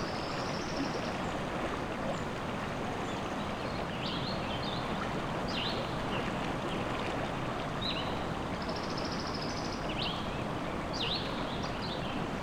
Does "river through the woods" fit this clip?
yes